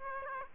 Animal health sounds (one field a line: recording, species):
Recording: mosquito wingbeat signal from an infrared sensor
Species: Aedes aegypti